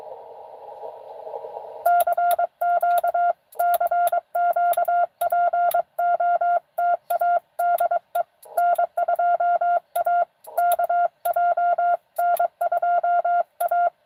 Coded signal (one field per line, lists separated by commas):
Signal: Morse code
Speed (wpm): 22 wpm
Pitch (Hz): 690 Hz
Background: none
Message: CQ CQ POTA DE N2AKJ N2A